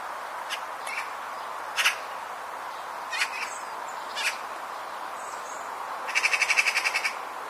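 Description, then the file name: Eurasian magpie harsh rattling chatter, a quick run of about ten dry notes near the end, preceded by scattered short harsh calls over steady background hiss. "Pica pica"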